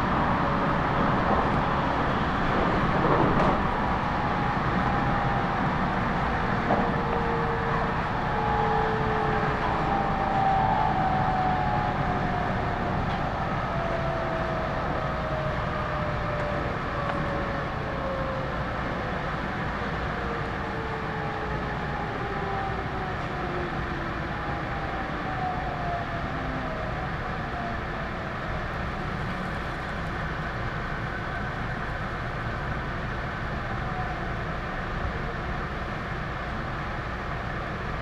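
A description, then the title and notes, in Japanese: A local electric train ride recorded from inside the car, with a steady dense rumble throughout. Motor tones glide downward in pitch from about eight seconds to twenty-eight, as the train slows toward a stop, over constant low track and body noise. 東海道本線 普通列車 南大高→名古屋。東海道本線の普通列車はこまめに停車していくので、モーター音がよく聞こえます。４両編成。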